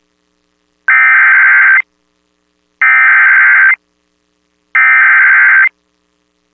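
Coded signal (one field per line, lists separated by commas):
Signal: Emergency Alert System (SAME) tones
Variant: header bursts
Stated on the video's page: Personally captured emergency alerts, including an erroneous alert from a radio station.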